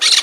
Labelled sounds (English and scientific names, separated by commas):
Brown-throated Parakeet (Eupsittula pertinax) contact call